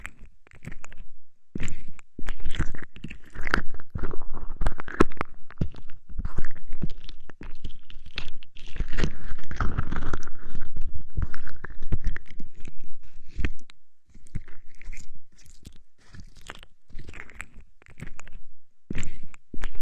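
Homemade aloe gel is worked over the ears in a steady stream of wet, squelchy crackles and sticky clicks. The rubbing runs densely through most of the clip, easing off in brief pauses near 1.5, 14 and 17 seconds before resuming.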